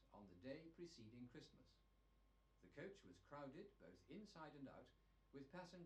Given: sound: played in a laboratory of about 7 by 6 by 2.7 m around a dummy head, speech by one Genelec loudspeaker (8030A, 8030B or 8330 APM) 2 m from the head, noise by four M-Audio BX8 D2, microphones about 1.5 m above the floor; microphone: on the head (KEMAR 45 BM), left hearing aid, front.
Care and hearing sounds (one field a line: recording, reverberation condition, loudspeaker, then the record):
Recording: male speech in English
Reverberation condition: low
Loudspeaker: 150 degrees to the right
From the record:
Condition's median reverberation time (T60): about 310 ms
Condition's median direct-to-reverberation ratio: about 3.5 dB